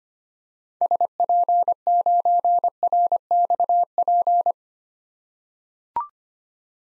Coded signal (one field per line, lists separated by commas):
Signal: Morse code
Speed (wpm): 25 wpm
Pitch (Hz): 700 Hz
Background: none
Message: SP9RXP